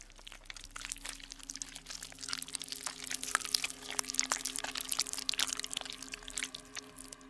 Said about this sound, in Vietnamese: Sau đó, những cái tua rua từ ruột bắt đầu phanh bụng con trâu ra, âm thanh phát ra nhóp nhép ghê rợn.